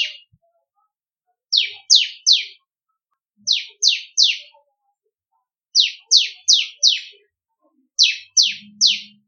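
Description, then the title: Bar-winged prinia song: short, sharply down-slurred high chips in quick bursts of three or four, each burst separated by a short pause. "Suara Ciblek Kristal"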